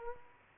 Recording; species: mosquito wingbeat signal from an infrared sensor; Culex quinquefasciatus